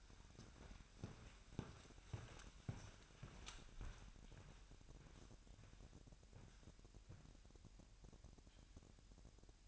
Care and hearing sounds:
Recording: daily activity, microphone in the room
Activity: walk to room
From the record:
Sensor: 2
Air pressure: 1012.1 hPa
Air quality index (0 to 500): 146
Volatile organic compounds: 2 ppm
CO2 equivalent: 1060 ppm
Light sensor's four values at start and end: 81/196/80/79 and 87/207/85/84

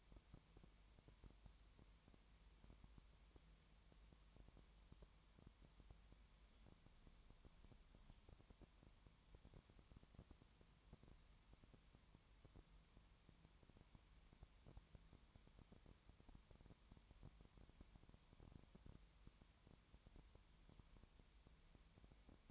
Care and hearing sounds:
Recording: daily activity, microphone in the room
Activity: no activity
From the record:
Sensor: 3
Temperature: 20.5 degrees Celsius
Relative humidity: 32.9%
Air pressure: 1003.2 hPa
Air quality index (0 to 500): 106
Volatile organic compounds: 2 ppm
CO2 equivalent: 1072 ppm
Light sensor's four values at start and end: 2/3/2/2 and 2/3/2/2

